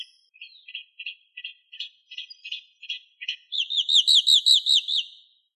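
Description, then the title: Bird song opening with a run of short chirped notes about three per second, then a louder series of rapid rising-falling whistled slurs. "LuckyPassaros CompletosSama"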